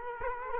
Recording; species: mosquito wingbeat signal from an infrared sensor; Culex quinquefasciatus